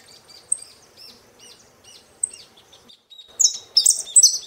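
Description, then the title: Saffron finch song: soft slurred notes, then a loud jumble of buzzy, descending high phrases and sharp chips near the end. "Jilguero Argentino"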